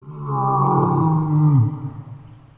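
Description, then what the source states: Lion roar: one deep, drawn-out moaning roar lasting well over a second, full and rough, dropping in pitch at the end before fading. Lioness, a female lion.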